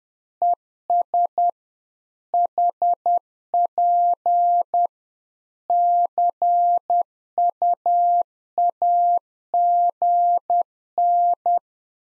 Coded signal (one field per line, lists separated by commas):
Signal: Morse code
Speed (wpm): 10 wpm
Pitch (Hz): 700 Hz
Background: none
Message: ES HP CUAGN